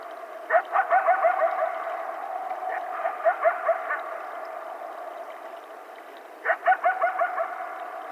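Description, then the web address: Coyote yipping: three bursts of quick yelps and barks, with quieter gaps between. More than one coyote, recorded on 12 July 2010. "Coyote 2010 07 12 Coyotes"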